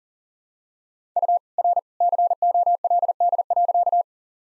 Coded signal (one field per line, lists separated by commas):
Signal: Morse code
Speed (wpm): 40 wpm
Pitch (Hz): 700 Hz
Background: none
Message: U R COLD.